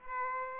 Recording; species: mosquito wingbeat signal from an infrared sensor; Aedes aegypti